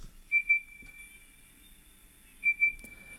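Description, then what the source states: Night parrot call: two brief double whistle notes on one high pitch, about two seconds apart. Played back on radio.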